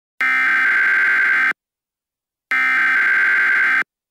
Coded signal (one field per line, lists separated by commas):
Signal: Emergency Alert System (SAME) tones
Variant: header bursts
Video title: (Valid Tones/Headphone User Warning) Emergency Alert System Mock - EAS Test